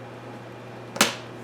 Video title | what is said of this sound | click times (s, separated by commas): iPad 8th Generation at a Great Price - Unboxing and Review | this should snap right in here. | 1.0 s